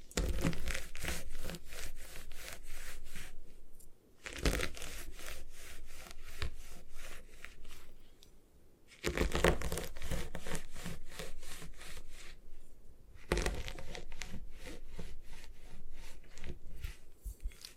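Gym chalk is scraped and crumbled in quick, regular rasping strokes, four bouts of several seconds each separated by short pauses.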